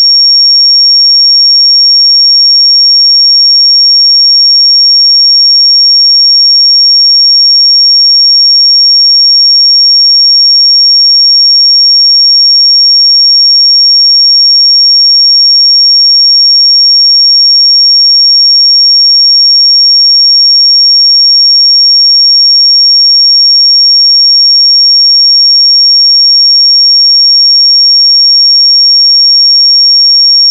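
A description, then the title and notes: A pure sine tone at 5539 Hz holds perfectly steady for the whole half minute, thin and piercingly high. Its level never wavers, and nothing else sounds beneath it, no hiss, no background noise. 5539 Hz 1 Hz Interval Sine Pure Tone Frequency 441000 Sample Mono.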